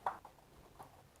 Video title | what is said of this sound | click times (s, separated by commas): VQ40 Engine Teardown And Unraveling The Mystery Of Our New Xterra (VK Swap Episode 5) | these should pop right off and don't make a liar out of me | 0.1 s